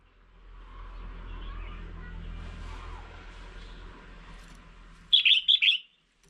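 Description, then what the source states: Red-whiskered bulbul: steady broad noise gives way to a sudden burst of four bright, bubbly chirping notes at the end. Female bird.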